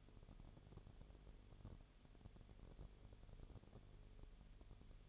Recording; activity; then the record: daily activity, microphone in the room; no activity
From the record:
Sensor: 4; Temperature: 22.0 degrees Celsius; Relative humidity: 29.4%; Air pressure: 1002.1 hPa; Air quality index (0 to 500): 59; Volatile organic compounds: 1 ppm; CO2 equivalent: 609 ppm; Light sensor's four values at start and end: 2/3/1/1 and 2/3/1/1